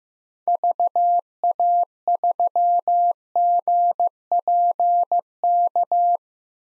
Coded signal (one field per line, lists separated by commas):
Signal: Morse code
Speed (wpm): 15 wpm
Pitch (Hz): 700 Hz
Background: none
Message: VA3GPK